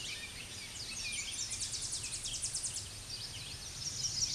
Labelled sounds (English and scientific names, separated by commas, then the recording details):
Tennessee Warbler (Leiothlypis peregrina) song
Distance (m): 25 m
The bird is about 20 m above the microphone
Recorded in a Pennsylvania forest on 16 May 2024 at 07:13
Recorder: AudioMoth, point MSD-2367
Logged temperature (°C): 16.0 °C
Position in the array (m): 155 m, 216 m